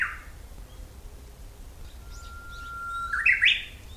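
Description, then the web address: Japanese bush warbler song: a long, steady whistled note that breaks into a quick, explosive, rising flourish, with a brief chirp at the start. 16 April 2007. "kisetsu 2 uguisu 070416"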